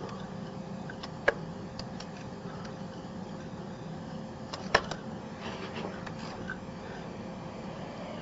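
An adult hiccupping: two sharp, abrupt hiccups about three and a half seconds apart over a steady low background hum.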